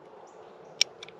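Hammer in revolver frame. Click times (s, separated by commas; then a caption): 0.8 s. The hammer of a Heritage Rough Rider single-action .22 revolver is drawn back in its frame and gives a sharp, bright metallic click at 0.8 s as it catches in the first of its four notches. Two fainter ticks follow at 1.0 s and 1.1 s over a low, steady background hum. The hammer is only partly cocked, resting at the first notch.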